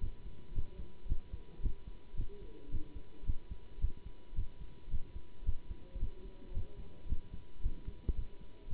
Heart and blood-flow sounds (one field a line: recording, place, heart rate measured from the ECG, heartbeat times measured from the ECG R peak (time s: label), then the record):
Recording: heart sounds by stethoscope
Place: between the tricuspid and mitral areas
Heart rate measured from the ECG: 110 bpm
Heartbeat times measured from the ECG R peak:
0.53 s: heartbeat
1.07 s: heartbeat
1.61 s: heartbeat
2.15 s: heartbeat
2.70 s: heartbeat
3.25 s: heartbeat
3.79 s: heartbeat
4.34 s: heartbeat
4.89 s: heartbeat
5.44 s: heartbeat
5.98 s: heartbeat
6.53 s: heartbeat
7.07 s: heartbeat
7.61 s: heartbeat
8.14 s: heartbeat
8.68 s: heartbeat
From the record:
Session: Bruce protocol treadmill stress test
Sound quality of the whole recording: good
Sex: male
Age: 24 years